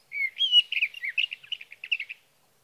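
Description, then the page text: Sage thrasher song phrase: a few slurred whistles followed by a rapid chatter of short notes that stops abruptly. Male singing through the night near his night roost, evening of June 12 to morning of June 15, 2018, Sierra Valley, California; Swift recorder. "Birdsong for the Curious Naturalist: Explore #7 Sage thrasher songs, through the night."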